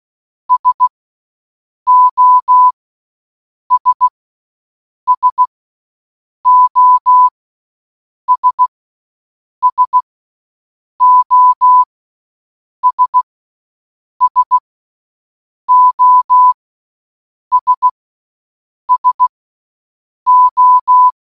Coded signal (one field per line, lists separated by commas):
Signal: Morse code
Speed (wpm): 16 wpm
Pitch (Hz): 1000 Hz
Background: none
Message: SOS SOS SOS SOS SO